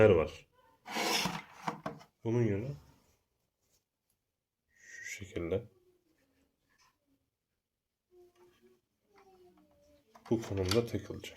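A cable plug is lined up at the port of a TP-Link AC1200 VDSL/VDSL2 modem router in the orientation it will go in, while someone talks in bursts with quiet gaps between them. Brief sharp sounds occur at about 1.7 s, 1.9 s and 10.2 s, but nothing has seated or clicked yet.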